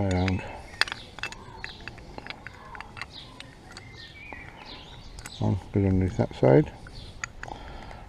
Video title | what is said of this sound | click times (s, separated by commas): ** HOW TO +TIPS ** FRONT BRAKE PADS CHANGE **ANY ** MOTORBIKE FULL VIDEO | one locked into place. OK. | 7.2 s